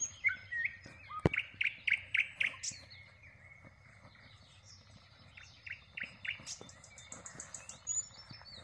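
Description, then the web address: Common nightingale song: a fast series of repeated sharp notes, a pause, then scattered notes ending in a rapid high trill. "rossignol ordinaire chant du rossignol"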